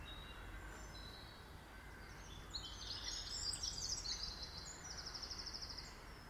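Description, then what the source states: Bird song, a thin high twittering trill building in the middle and holding steady before fading, over soft constant background hiss. Birds singing in a garden.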